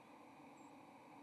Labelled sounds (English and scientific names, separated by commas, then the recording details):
White-throated Sparrow (Zonotrichia albicollis) flight call
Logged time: 10:45 on 30 October 2014